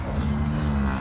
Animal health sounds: contact call of a hoofed animal; cattle; low-frequency (closed-mouth) or high-frequency (open-mouth) call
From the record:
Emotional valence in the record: negative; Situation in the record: physical separation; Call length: 1.01 s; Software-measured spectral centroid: 3240 Hz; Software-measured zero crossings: 1870 a second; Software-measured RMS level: -24 dBFS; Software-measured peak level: -12 dBFS

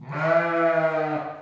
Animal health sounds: contact call of a hoofed animal; sheep; low-frequency (closed-mouth) or high-frequency (open-mouth) call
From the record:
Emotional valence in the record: negative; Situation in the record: short social isolation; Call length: 1.42 s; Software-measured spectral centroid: 1330 Hz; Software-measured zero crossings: 1590 a second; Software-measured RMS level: -23 dBFS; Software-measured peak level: -10 dBFS

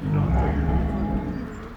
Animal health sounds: contact call of a hoofed animal; wild boar; grunt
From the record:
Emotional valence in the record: negative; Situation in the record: naturally occurring agonistic interactions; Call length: 1.76 s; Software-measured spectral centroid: 1010 Hz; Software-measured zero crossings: 690 a second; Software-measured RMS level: -23 dBFS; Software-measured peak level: -11 dBFS

